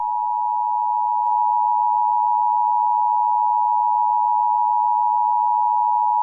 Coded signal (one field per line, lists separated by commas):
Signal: Emergency Alert System (SAME) tones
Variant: 853 and 960 Hz attention tone